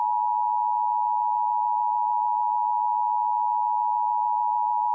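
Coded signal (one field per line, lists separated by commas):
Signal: Emergency Alert System (SAME) tones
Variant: 853 and 960 Hz attention tone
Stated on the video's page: Fictional EAS scenario about a website shutdown, not a real alert.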